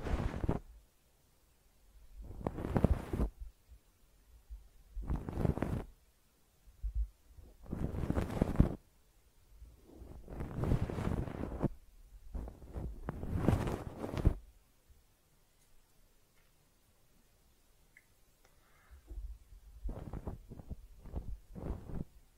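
Close-up ear cleaning: bursts of soft scratching and rustling, each lasting about a second, come every couple of seconds through the first fifteen seconds. A quiet stretch with faint ticks follows, then a few shorter, lighter scrapes near the end.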